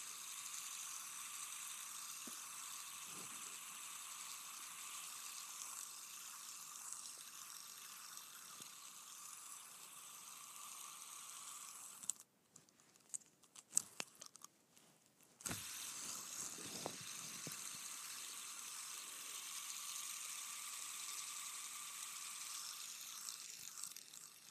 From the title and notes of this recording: ASMR Spinning a Fidget Spinner.